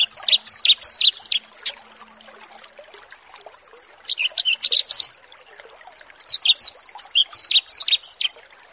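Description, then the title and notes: Australasian bush lark singing high, varied slurred notes and quick twittery phrases in three bursts with quiet gaps between, over a thin constant high tone. Song tutoring recording for training cage birds. "Branjangan VS BURGER Masteran Mewah. burung BRANJANGAN"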